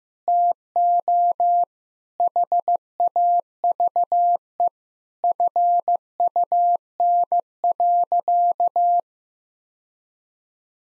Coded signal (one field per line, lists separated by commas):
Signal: Morse code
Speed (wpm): 15 wpm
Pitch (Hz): 700 Hz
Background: none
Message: TO HAVE FUN.